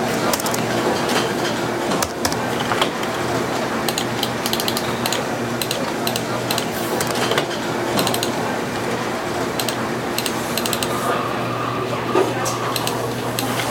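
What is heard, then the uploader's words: Cafe sounds with a steady wash of soft chatter and a low constant hum underneath. Sharp clicks and clinks of dishes clatter throughout, clustering around two, five to seven, and eight to ten seconds, with a brief hiss like steaming near eleven seconds. Sounds of coffee brewing, dishes clattering, and soft chatter. Cafe sounds.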